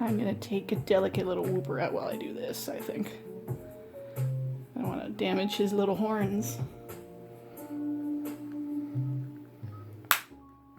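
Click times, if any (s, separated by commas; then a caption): 10.1 s. A plastic miniature figure piece is pushed onto a diorama base after the base is reseated, and it snaps into place with a sharp click at 10.1 seconds. Before that, someone talks over background music.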